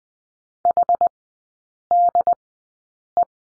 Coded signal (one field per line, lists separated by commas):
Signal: Morse code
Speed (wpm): 20 wpm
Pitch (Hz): 700 Hz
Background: none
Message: HDE